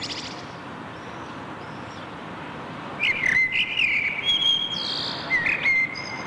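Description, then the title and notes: Common blackbird delivering a flowing warbled phrase with high squeaky flourishes, then a short second phrase, over a soft background hiss. Berlin, Germany; backyard; June 2003. "Amsel im Hinterhof, Berlin, Juni 2003. sent by maik johannsen"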